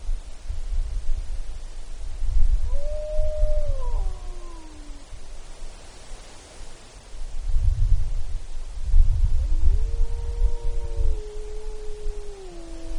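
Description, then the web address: Wolf howling in two bouts, each a sustained tone bending downward with a second voice layered above, separated by a pause filled with gusty low rumble. Recorded in Alaska on 29 April 2015 at 22:54. "alaska. Wolves"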